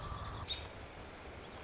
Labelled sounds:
American Robin
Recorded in Sonoma County, California

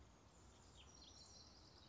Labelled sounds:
House Wren
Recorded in Sonoma County, California

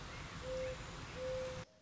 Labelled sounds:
Mourning Dove
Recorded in Sonoma County, California

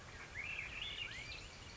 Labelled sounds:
Swainson's Thrush
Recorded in Sonoma County, California

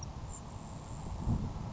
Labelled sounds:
Grasshopper Sparrow
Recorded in Sonoma County, California

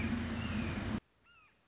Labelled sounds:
Red-shouldered Hawk
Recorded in Sonoma County, California

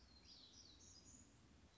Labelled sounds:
Black-throated Gray Warbler
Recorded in Sonoma County, California

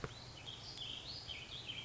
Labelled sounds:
Warbling Vireo
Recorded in Sonoma County, California

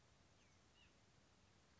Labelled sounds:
White-breasted Nuthatch
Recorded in Sonoma County, California

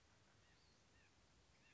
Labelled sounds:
White-breasted Nuthatch
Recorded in Sonoma County, California

